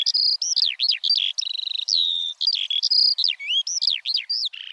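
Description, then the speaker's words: Eurasian Skylark song: a continuous, rapid, high warbling stream of trills, slurs and chirps with barely a pause throughout. Sung while hovering, sometimes for minutes on end; a lark flutters its wings 10 to 12 times per second. "Eurasian skylarks even sing while hovering, sometimes for minutes on end."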